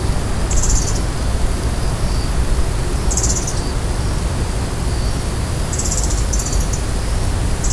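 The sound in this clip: Asian brown flycatcher giving thin, high calls: several short buzzy bursts, with faint high single notes between, over steady loud broad hissing background noise.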